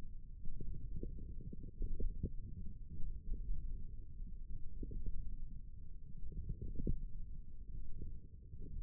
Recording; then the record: forearm muscle sounds (acoustic myography)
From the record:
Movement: wrist flexion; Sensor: system 1, eight BSWA MPA416 microphones around the upper forearm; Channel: 1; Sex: male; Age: 42 years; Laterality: right